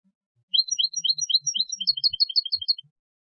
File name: Carduelis carduelis